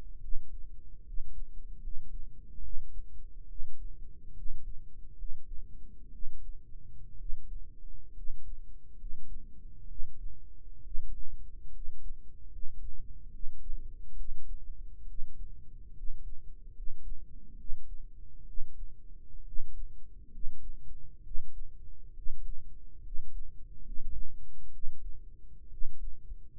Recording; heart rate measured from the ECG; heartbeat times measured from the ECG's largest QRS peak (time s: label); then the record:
heart sounds by microphone in the right ear; 68 bpm
0.17 s: heartbeat
1.00 s: heartbeat
1.77 s: heartbeat
2.58 s: heartbeat
3.44 s: heartbeat
4.31 s: heartbeat
5.12 s: heartbeat
6.08 s: heartbeat
7.14 s: heartbeat
8.10 s: heartbeat
8.93 s: heartbeat
9.84 s: heartbeat
10.80 s: heartbeat
11.68 s: heartbeat
12.46 s: heartbeat
13.28 s: heartbeat
14.13 s: heartbeat
15.03 s: heartbeat
15.91 s: heartbeat
16.70 s: heartbeat
17.53 s: heartbeat
18.42 s: heartbeat
19.41 s: heartbeat
20.27 s: heartbeat
21.20 s: heartbeat
22.11 s: heartbeat
22.99 s: heartbeat
23.79 s: heartbeat
24.68 s: heartbeat
25.66 s: heartbeat
From the record:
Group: healthy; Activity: rest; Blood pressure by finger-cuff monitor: 98/53 mmHg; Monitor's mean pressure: 62 mmHg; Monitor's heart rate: 68 bpm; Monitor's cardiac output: 7.5 L/min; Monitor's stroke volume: 110 mL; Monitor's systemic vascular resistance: 590 dyn s/cm5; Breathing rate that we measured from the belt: 16 breaths a minute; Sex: male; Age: 22 years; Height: 185 cm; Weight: 112.4 kg